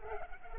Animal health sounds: mosquito wingbeat signal from an infrared sensor; Culex pipiens

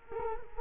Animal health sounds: mosquito wingbeat signal from an infrared sensor; Culex quinquefasciatus

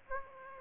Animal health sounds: mosquito wingbeat signal from an infrared sensor; Aedes aegypti

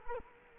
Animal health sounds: mosquito wingbeat signal from an infrared sensor; Culex quinquefasciatus

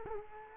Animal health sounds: mosquito wingbeat signal from an infrared sensor; Culex quinquefasciatus

